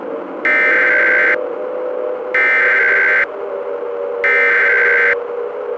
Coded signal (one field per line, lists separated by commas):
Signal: Emergency Alert System (SAME) tones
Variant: header bursts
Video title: Hidden In The Frost [EAS Scenario / Analog Horror] (#12 - Fall Brawl Special)